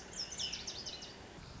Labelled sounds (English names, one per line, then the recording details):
Lazuli Bunting
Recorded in Sonoma County, California